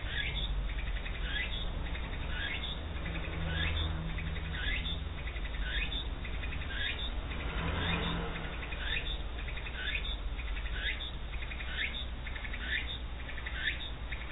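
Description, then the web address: Walker's cicada song: buzzy pulsed phrases repeated regularly, with a brief broader rush of sound midway, over low hum. Recorded 2007-08-23. "kisetsu 4 tsukutsuku 070823"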